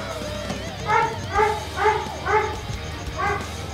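A dog barks five times in a steady series of short, mid-pitched yaps, the last after a slightly longer pause, over a constant low rumble of noise; a background dog at the Casa del Rock.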